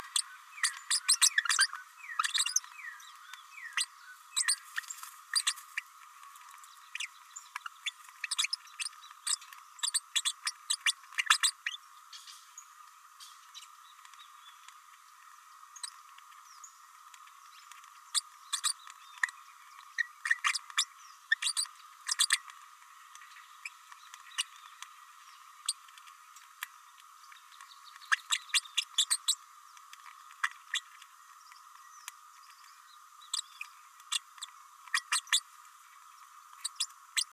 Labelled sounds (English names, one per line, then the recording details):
Green-rumped Parrotlet babbling
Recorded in a nest box in Venezuela
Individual 18B104A4